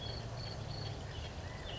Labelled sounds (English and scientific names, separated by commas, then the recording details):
California Quail (Callipepla californica)
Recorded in Sonoma County, California